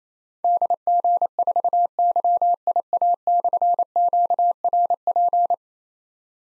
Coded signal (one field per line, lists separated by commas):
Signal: Morse code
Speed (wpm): 27 wpm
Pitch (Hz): 700 Hz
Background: none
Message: DG4YIA/QRP